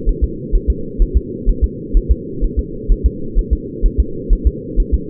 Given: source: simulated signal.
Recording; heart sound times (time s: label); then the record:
fetal heart sounds
0.09 s: S1
0.24 s: S2
0.55 s: S1
0.70 s: S2
1.02 s: S1
1.17 s: S2
1.50 s: S1
1.64 s: S2
1.97 s: S1
2.11 s: S2
2.44 s: S1
2.59 s: S2
2.92 s: S1
3.06 s: S2
3.39 s: S1
3.53 s: S2
3.86 s: S1
4.00 s: S2
4.33 s: S1
4.47 s: S2
4.80 s: S1
4.94 s: S2
From the record:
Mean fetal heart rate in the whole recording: 130 bpm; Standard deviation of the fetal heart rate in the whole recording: 2 bpm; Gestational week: 38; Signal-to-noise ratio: -4.3 dB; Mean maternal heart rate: 72 bpm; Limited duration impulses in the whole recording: absent